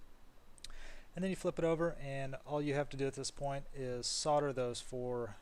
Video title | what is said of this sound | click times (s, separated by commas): How To: 2003-2006 Suburban, Silverado, Tahoe, Sierra Stepper Motor Install and Speedometer Repair | and it just snaps back in just the reverse of the way the old one came out just slides right into the circuit board | 0.6 s